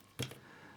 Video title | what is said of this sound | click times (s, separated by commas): Nikon S2 35mm Rangefinder Camera Overview | push on and then you hold the bottom turn until it clicks | 0.2 s